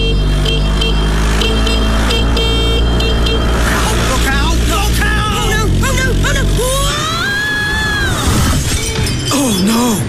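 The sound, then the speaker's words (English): A moped engine drones loudly amid road traffic, then a sudden crash with scraping and shattering as a woman falls off her moped in the middle of the road, breaking off the engine noise, followed by raised, alarmed voices shouting. “She's fallen off her moped.”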